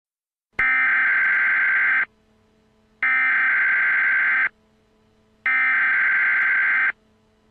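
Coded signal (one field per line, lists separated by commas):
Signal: Emergency Alert System (SAME) tones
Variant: header bursts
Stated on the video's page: Fictional zombie emergency alert with EAS tones, a made-up scenario.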